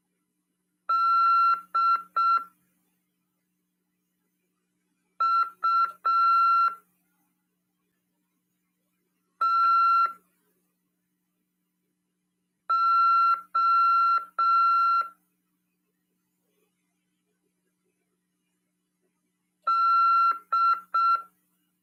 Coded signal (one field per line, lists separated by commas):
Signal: Morse code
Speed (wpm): 6 wpm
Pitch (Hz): 1360 Hz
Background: none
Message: DUTO D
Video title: RADIOAMADOR 16/9/2022 "AULA 6: CW, C. RODADA e LEGISLAÇÃO" PY2EXU PAULO SP/SP CRASP 22 ANOS.